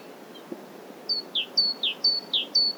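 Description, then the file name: Great tit song: a clear two-note phrase, high note then lower note, repeated about four times at a quick steady pace. "Parus major"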